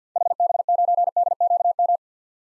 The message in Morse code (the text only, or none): HB9DQM